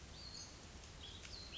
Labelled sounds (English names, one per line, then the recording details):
Cassin's Vireo
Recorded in Sonoma County, California